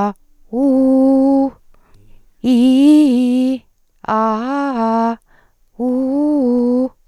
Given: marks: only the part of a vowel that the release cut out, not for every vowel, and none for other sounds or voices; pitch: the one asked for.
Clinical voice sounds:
sustained vowels; female; 50 to 59 years
0.64-1.36 s: vowel /u/, low pitch
2.52-3.49 s: vowel /i/, low-high-low pitch
4.19-5.07 s: vowel /a/, low-high-low pitch
5.89-6.78 s: vowel /u/, low-high-low pitch
From the record:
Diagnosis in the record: recurrent laryngeal nerve paralysis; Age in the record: 58 years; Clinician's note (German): Strumiprive Form li, paramedian, sehr gute Restbeweglichkeit, wenig dysphon

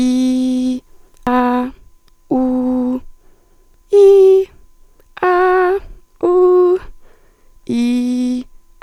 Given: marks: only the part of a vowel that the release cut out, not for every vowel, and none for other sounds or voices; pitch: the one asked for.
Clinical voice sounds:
sustained vowels; female; 20 to 29 years
0.00-0.70 s: vowel /i/, normal pitch
2.36-2.94 s: vowel /u/, normal pitch
5.24-5.76 s: vowel /a/, high pitch
7.77-8.33 s: vowel /i/, low pitch
From the record:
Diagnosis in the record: hyperfunctional dysphonia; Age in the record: 24 years

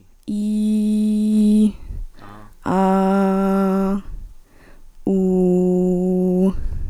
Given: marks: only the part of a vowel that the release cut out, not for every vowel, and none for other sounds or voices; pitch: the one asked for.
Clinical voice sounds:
sustained vowels; female; 18 to 19 years
0.34-1.63 s: vowel /i/, low pitch
2.75-3.89 s: vowel /a/, low pitch
5.13-6.45 s: vowel /u/, low pitch
From the record:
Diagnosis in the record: healthy voice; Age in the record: 18 years

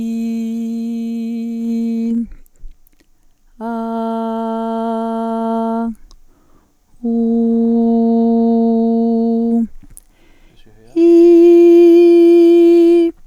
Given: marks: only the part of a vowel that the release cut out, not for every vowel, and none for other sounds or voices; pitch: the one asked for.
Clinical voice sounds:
sustained vowels; female; 30 to 39 years
0.00-1.52 s: vowel /i/, normal pitch
3.90-5.74 s: vowel /a/, normal pitch
7.34-9.31 s: vowel /u/, normal pitch
11.14-12.91 s: vowel /i/, high pitch
From the record:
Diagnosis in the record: singing voice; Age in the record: 35 years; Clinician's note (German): Frühere Phonationsverdickung bei hyperfunktioneller Komponente, Zustand nach alter Phonationsknötchenabtragung

